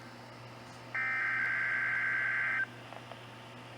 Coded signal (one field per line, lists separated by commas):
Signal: Emergency Alert System (SAME) tones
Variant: header bursts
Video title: (EAS #105-106) Required Weekly Test (KEC56 and KTXD-TV)